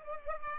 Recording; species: mosquito wingbeat signal from an infrared sensor; Culex pipiens